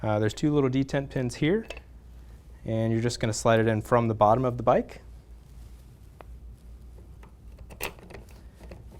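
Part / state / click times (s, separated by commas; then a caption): training wheel bracket into kids bike rear frame / seated / 8.7 s. Someone talks, then a training wheel bracket with two spring detent pins is slid up from below onto the rear frame of a 14-inch gloss blue Huffy Bicycle Company MotoX Quick Connect kids bike, with light handling taps. The detent pins catch and the training wheel clicks into place at 8.7 s.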